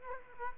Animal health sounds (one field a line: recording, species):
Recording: mosquito wingbeat signal from an infrared sensor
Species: Culex quinquefasciatus